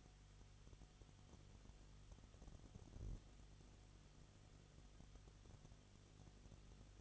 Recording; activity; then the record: daily activity, microphone in the room; no activity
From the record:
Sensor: 4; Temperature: 22.7 degrees Celsius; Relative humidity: 31.7%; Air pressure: 995.4 hPa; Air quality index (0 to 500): 158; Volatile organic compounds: 2 ppm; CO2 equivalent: 1254 ppm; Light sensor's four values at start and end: 2/3/1/1 and 2/3/1/1